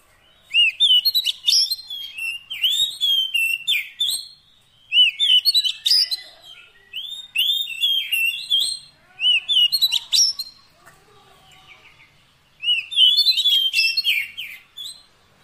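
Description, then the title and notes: Oriental magpie-robin song: bursts of loud whistled and scratchy notes mixed with sweet rising slurs, delivered in phrases of a second or two separated by short pauses. Long-duration fill-in (isian) song meant to make a kacer sing vigorously (gacor) day and night. "Kacer Jadi Gacor Siang Malam. Isian Kacer Durasi Panjang"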